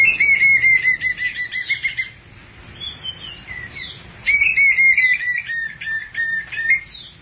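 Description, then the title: Thrush giving rapid trilled runs of even whistled notes, broken by a brief pause and a few higher slurred notes. "burung anis x"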